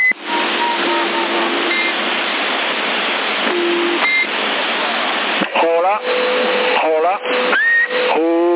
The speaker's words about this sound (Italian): No, è che parlano in tanti e non si capisce.